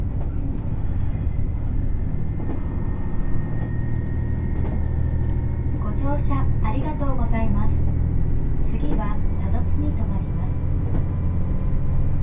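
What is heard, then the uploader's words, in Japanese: A Dosan Line limited express, the Nanpu No. 26 running from Awa-Ikeda to Tadotsu, gives a steady, deep rumble that stays level for the whole twelve seconds. Voices talk briefly over it, from about six to eight seconds and again near nine to ten. 土讃線特急南風26号 阿波池田→多度津。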